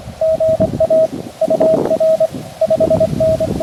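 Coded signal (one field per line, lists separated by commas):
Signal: Morse code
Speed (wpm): 20 wpm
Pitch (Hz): 650 Hz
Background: radio noise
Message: GA UR 5N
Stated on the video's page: Park activation using a repaired QMX with a CHA F-Loop 3.0 antenna; windy conditions, DX including Russia, and a Feld Hell signal causing interference.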